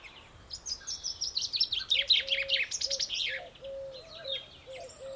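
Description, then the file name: Common chaffinch song: a rattling series of bright notes dropping in pitch and ending in a flourish, over a steady run of short, low notes. "Fringilla coelebs"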